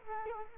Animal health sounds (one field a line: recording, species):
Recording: mosquito wingbeat signal from an infrared sensor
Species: Culex quinquefasciatus